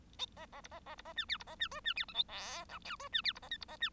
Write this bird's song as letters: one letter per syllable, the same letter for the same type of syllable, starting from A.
A A B A A B A C D B A C E C D F G H I J E C D B A K B A C